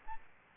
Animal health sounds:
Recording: mosquito wingbeat signal from an infrared sensor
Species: Aedes albopictus

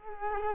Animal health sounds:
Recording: mosquito wingbeat signal from an infrared sensor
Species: Culex quinquefasciatus

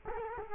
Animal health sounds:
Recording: mosquito wingbeat signal from an infrared sensor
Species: Culex quinquefasciatus

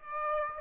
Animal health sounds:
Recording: mosquito wingbeat signal from an infrared sensor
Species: Aedes aegypti

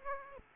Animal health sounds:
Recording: mosquito wingbeat signal from an infrared sensor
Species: Aedes aegypti

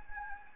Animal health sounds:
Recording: mosquito wingbeat signal from an infrared sensor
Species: Anopheles arabiensis

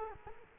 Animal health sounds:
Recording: mosquito wingbeat signal from an infrared sensor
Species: Culex quinquefasciatus

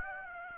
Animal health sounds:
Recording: mosquito wingbeat signal from an infrared sensor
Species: Aedes aegypti

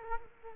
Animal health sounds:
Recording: mosquito wingbeat signal from an infrared sensor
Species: Culex quinquefasciatus

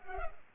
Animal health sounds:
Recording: mosquito wingbeat signal from an infrared sensor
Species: Culex pipiens

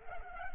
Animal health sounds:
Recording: mosquito wingbeat signal from an infrared sensor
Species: Culex pipiens

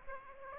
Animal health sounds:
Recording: mosquito wingbeat signal from an infrared sensor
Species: Aedes aegypti

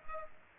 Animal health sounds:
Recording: mosquito wingbeat signal from an infrared sensor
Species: Culex pipiens

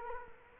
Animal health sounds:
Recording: mosquito wingbeat signal from an infrared sensor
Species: Culex quinquefasciatus

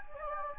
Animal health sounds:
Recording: mosquito wingbeat signal from an infrared sensor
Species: Anopheles gambiae

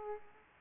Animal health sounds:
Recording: mosquito wingbeat signal from an infrared sensor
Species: Culex pipiens

